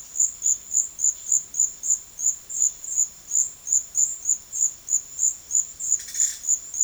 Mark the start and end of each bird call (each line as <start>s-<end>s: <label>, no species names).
5.99s-6.41s: bird call